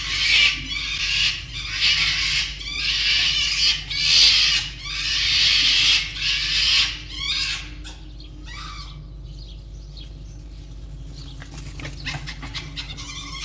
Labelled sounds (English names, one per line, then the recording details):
Red Fox
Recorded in captivity
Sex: group
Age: adult
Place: Zoologisches Institut der HUB, Berlin, DE
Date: 1956-02-20
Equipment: Elmetra
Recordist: Tembrock, Günter
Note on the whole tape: Jupp: Ranzmuffen (beim Aufreiten auf Fiffi), Muffen ohne Fleisch, einmal beim Aufstellen gegen Zenzi; Zenzi: Keckern; Fiffi: Knurren und Sprödigkeitslaute gegen Jupp; Zenzi (von Jupp nochmals verfolgt): Winseln (gepreßt) bis Kreischen. Immer wieder starke technische Störungen (Brutzeln/Knistern) und Netzbrummen